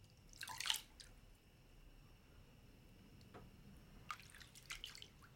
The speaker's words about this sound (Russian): Дороти сидит в ванне, прижав Джерико к груди. Она зачерпывает ладонью воду и поливает малыша.